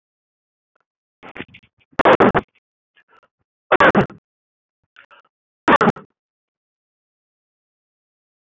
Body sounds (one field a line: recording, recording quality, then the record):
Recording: shallow voluntary cough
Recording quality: poor, much background noise or distortion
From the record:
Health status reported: healthy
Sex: male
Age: 47 years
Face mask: not worn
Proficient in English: yes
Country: India